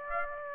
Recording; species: mosquito wingbeat signal from an infrared sensor; Aedes aegypti